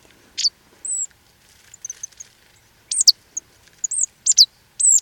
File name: Poecile palustris